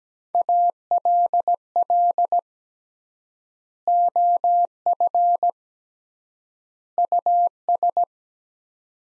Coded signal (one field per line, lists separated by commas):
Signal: Morse code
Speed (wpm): 17 wpm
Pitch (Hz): 700 Hz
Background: none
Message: ALL OF US